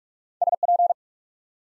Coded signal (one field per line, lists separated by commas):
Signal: Morse code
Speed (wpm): 44 wpm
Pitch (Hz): 700 Hz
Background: none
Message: SP